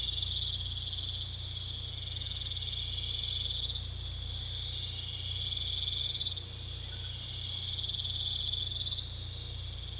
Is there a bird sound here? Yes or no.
no